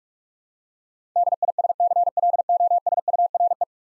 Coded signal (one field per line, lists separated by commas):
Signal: Morse code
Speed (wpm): 44 wpm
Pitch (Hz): 700 Hz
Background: none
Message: DISCLOSURE